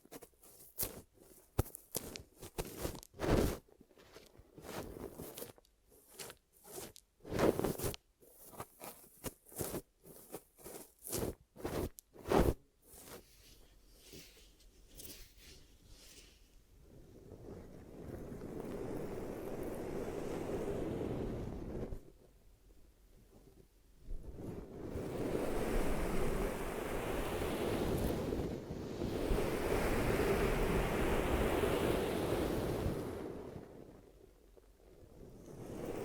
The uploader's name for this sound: Glue Ear Massage and Cleaning